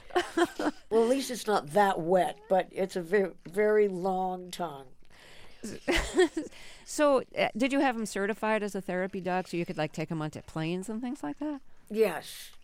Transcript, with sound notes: Well, at least it's not that wet, but it's a very, very long tongue.
(Laughter) So did you have him certified as a therapy dog, so you could, like, take him onto planes and things like that?